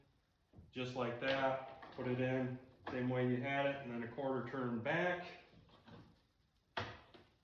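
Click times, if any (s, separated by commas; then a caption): 6.8 s. A plastic bulb socket holding a new bulb is put back into a truck taillight housing and given a quarter turn back while someone talks. After the talking, one sharp snap is heard at 6.8 seconds as the socket seats, followed by a faint tick at 7.1 seconds.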